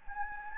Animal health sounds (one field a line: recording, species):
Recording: mosquito wingbeat signal from an infrared sensor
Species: Anopheles gambiae